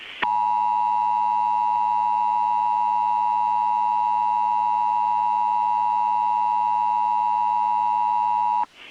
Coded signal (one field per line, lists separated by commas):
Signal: Emergency Alert System (SAME) tones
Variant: 853 and 960 Hz attention tone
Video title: DAYBREAK AT MIDNIGHT (AN EAS/ANALOG HORROR MOCK)